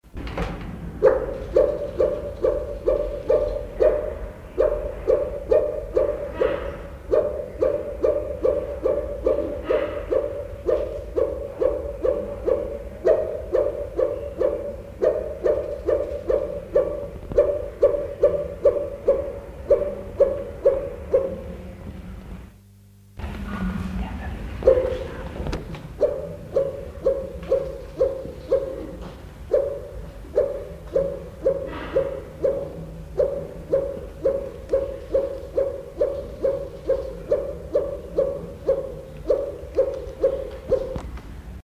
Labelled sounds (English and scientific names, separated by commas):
White-crowned Hornbill (Berenicornis comatus) call